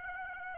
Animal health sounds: mosquito wingbeat signal from an infrared sensor; Aedes aegypti

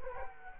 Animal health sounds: mosquito wingbeat signal from an infrared sensor; Culex quinquefasciatus

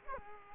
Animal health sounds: mosquito wingbeat signal from an infrared sensor; Culex quinquefasciatus

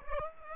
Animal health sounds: mosquito wingbeat signal from an infrared sensor; Aedes aegypti

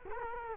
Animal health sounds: mosquito wingbeat signal from an infrared sensor; Culex quinquefasciatus

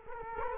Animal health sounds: mosquito wingbeat signal from an infrared sensor; Culex quinquefasciatus

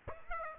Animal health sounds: mosquito wingbeat signal from an infrared sensor; Aedes aegypti

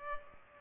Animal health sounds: mosquito wingbeat signal from an infrared sensor; Culex pipiens

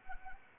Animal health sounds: mosquito wingbeat signal from an infrared sensor; Anopheles arabiensis

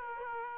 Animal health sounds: mosquito wingbeat signal from an infrared sensor; Aedes aegypti

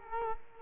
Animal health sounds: mosquito wingbeat signal from an infrared sensor; Culex quinquefasciatus

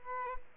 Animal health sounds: mosquito wingbeat signal from an infrared sensor; Aedes aegypti

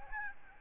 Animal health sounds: mosquito wingbeat signal from an infrared sensor; Aedes albopictus

